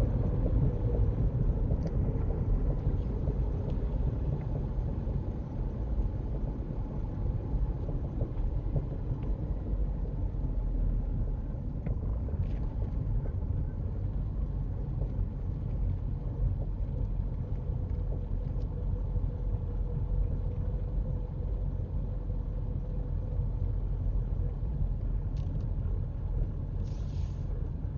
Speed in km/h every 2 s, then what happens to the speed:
37, 32, 31, 27, 23, 21, 18, 16, 16, 16, 16, 16, 15, 15.
0-12 slows to 18. 12-28 steady at about 16.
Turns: none.